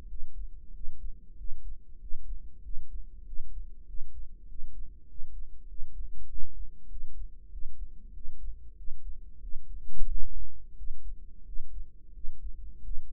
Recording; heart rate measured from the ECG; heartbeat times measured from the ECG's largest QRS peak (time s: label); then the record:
heart sounds by microphone in the right ear; 94 bpm
0.09 s: heartbeat
0.75 s: heartbeat
1.38 s: heartbeat
2.01 s: heartbeat
2.64 s: heartbeat
3.26 s: heartbeat
3.88 s: heartbeat
4.49 s: heartbeat
5.09 s: heartbeat
5.69 s: heartbeat
6.29 s: heartbeat
6.90 s: heartbeat
7.52 s: heartbeat
8.15 s: heartbeat
8.78 s: heartbeat
9.42 s: heartbeat
10.09 s: heartbeat
10.77 s: heartbeat
11.46 s: heartbeat
12.15 s: heartbeat
12.84 s: heartbeat
From the record:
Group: healthy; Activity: rest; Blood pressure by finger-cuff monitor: 142/89 mmHg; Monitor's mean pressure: 107 mmHg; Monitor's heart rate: 95 bpm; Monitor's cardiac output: 7.7 L/min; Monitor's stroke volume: 84 mL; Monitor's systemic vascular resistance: 980 dyn s/cm5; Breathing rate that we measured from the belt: 18 breaths a minute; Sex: male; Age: 21 years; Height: 175 cm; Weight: 72.6 kg